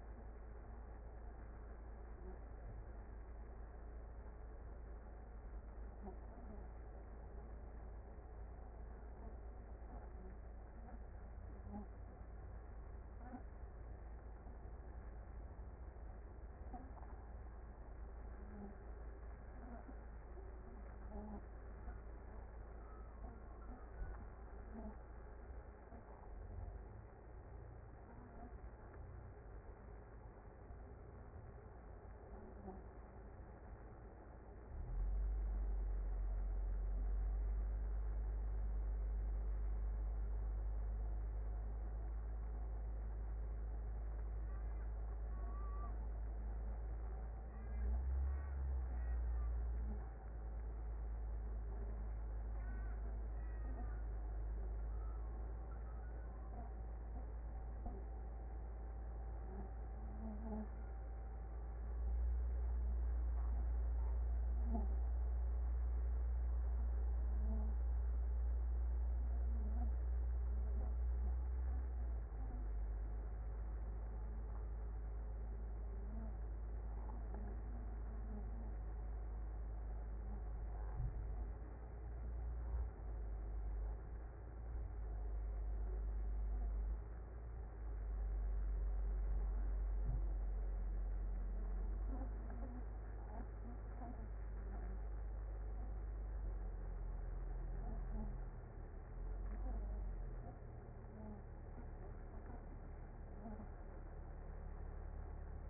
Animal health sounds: honeybee colony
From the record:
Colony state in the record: active

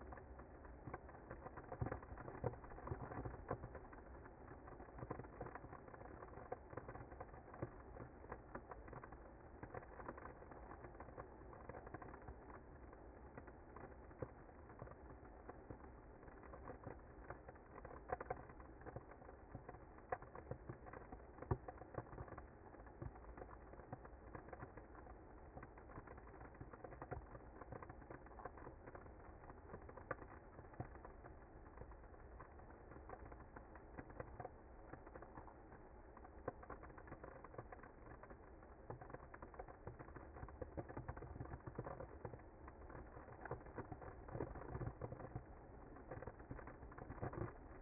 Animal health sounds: honeybee colony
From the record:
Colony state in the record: active

